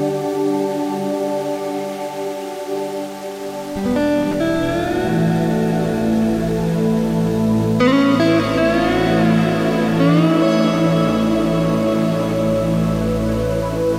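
Soft ambient chords hold steady while a slide guitar enters near four seconds and again around eight, its notes gliding upward and bending between pitches. The sound is warm and sustained, with low, drawn-out tones underneath and a gradual swell in loudness.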